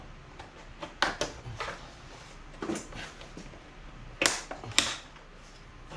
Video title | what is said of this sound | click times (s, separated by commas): 1st Rough Country Black Series LED light bar install 2019 lariat install grille don't install until | now it's snapped back in place. | 4.8 s